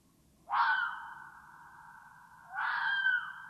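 Red fox giving two harsh, drawn-out screams, each starting abruptly; the first tails off into a long faint hold before the second begins.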